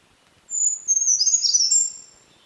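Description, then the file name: Brown creeper song: a thin, very high, sibilant phrase that starts with a long drawn note, then breaks into quick jumbled tinkling notes, lasting about one and a half seconds. Subspecies Certhia americana nigrescens. "BRCR SONG TN - Brown Creeper - Certhia americana nigrescens"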